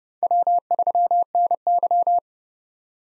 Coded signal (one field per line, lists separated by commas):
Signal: Morse code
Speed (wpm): 32 wpm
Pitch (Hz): 700 Hz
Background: none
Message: W3NY